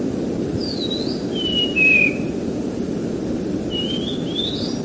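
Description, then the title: Bird song: a few clear whistled notes slide downward in the first two seconds, then a rising, wavering whistle near the end, over a steady low rumble of background noise. "burung online"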